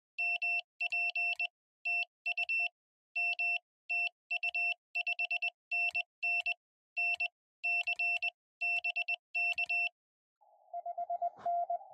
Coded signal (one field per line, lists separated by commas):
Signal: Morse code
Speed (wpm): 21 wpm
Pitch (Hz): 2700 Hz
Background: none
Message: MP TU M TU 5NN NC BK